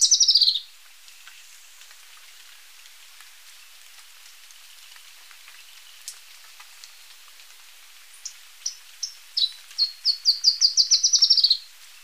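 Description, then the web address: Black-crested Warbler song: a brief high trill, a quiet pause, then a series of high notes that accelerates and grows louder into a fast, ringing trill. Ecuador. "Natures Songs S America Birds of Ecuador Black-crested Warbler"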